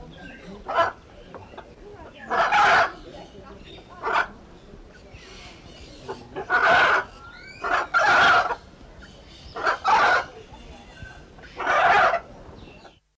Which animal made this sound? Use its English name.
Hyacinth Macaw